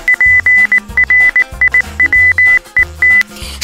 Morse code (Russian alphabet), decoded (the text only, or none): ПРИВЕТ